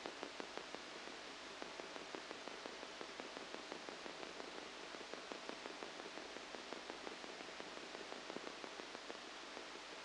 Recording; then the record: brain microelectrode recording played as sound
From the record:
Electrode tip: outside the subthalamic nucleus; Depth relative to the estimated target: -8 mm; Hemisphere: left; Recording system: NeuroSet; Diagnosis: Parkinson's disease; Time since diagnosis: 8 years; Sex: male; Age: 37 years